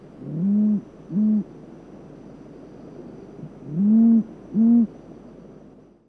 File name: Nino Rufa